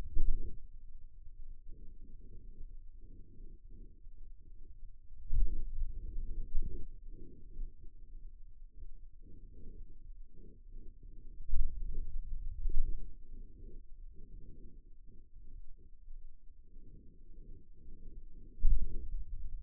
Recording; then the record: forearm muscle sounds (acoustic myography)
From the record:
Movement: pen grasping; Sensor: system 2, bracelet of six BSWA MPA416 microphones around the upper forearm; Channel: 4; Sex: male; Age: 22 years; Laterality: right